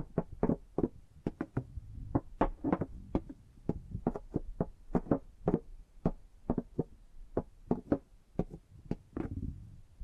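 Quick tapping sounds come in uneven bursts throughout, sharp knock-like hits, sometimes doubled, with soft handling and gripping noises between them.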